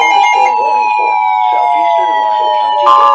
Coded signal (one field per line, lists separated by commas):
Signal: Emergency Alert System (SAME) tones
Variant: 853 and 960 Hz attention tone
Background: speech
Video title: NOAA Radio (EAS # 385-395) Alerts From 6/22/18